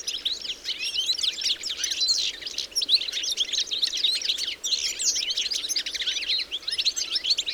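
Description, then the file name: European goldfinch twittering calls, a dense, continuous chatter of quick, high, tinkling notes. "Carduelis carduelis"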